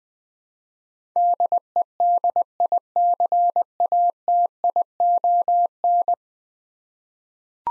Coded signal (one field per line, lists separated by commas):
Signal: Morse code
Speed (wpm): 20 wpm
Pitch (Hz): 700 Hz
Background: none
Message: DEDICATION